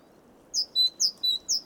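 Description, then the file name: Great tit song: bright two-note phrases, a high downslurred note then a steady lower note, repeated a few times in quick succession over a faint low hiss. "Parus major"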